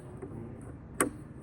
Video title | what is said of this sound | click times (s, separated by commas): Troubleshooting Series - Elevator Nut Repair | you know, maybe I got another half a turn out of it there before the torque wrench clicked. | 1.0 s